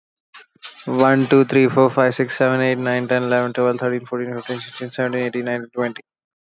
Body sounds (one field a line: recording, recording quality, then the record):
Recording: counting at a normal pace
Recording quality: moderate, slight background noise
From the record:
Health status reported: healthy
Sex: male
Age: 35 years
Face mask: not worn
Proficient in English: yes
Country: India